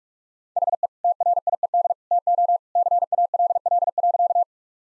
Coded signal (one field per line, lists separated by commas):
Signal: Morse code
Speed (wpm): 42 wpm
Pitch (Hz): 700 Hz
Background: none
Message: HE TRIED TO CALL.